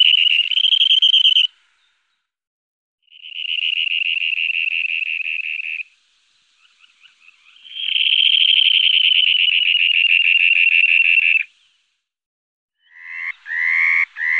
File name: Karrsnappa